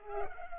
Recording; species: mosquito wingbeat signal from an infrared sensor; Culex pipiens